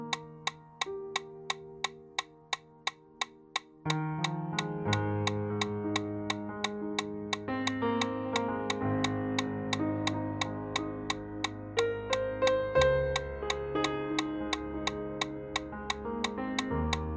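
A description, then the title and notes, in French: A metronome clicks steadily at a quick 175 beats per minute, sharp ticks spaced evenly throughout. Beneath it, held musical tones swell in: a thin, quiet layer at first, then a deeper bass entering around four seconds and brighter notes piling on later. L’entrainement consiste à courir 1h15 en endurance à 175 pas par minute en suivant le métronome.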